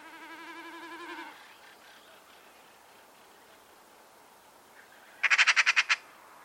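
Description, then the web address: Bird calling with a quick run of roughly eight sharp, buzzy pulsed notes near the end, after a fainter wavering trill fades out at the start. Call type labelled "Pi Pi Pi Pi" in a bird-only sound dataset. "Deverinetal 2025 File origin Bird Only"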